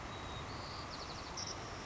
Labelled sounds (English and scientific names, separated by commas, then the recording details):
Savannah Sparrow (Passerculus sandwichensis)
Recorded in Sonoma County, California